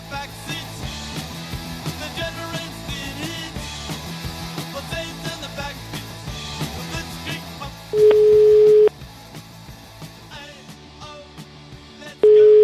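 A steady, mid-pitched telephone ringback tone sounds in long beeps as a call is placed to the Mater Dei clinic in Rome to reach Professor Antinori's room, one full beep and the start of another, over quieter background music.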